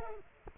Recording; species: mosquito wingbeat signal from an infrared sensor; Culex quinquefasciatus